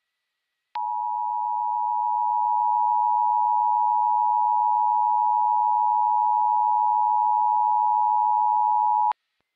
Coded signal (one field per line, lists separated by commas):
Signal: Emergency Alert System (SAME) tones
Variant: 853 and 960 Hz attention tone